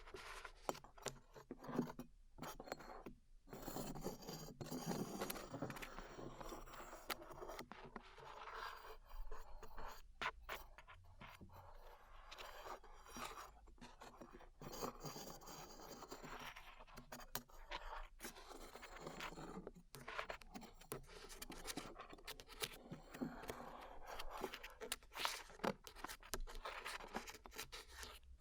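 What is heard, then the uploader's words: Glue being peeled off the ears makes a continuous sticky, crackling scrape for the whole stretch. Dense tearing and rubbing textures shift in pitch and grit, broken by brief near-silent gaps every few seconds, then resume with fresh peeling bursts. ASMR Peeling Glue Off Your Ears (No Talking).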